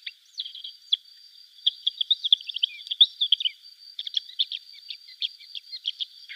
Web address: Schulze Peter Lesser Grey Shrike song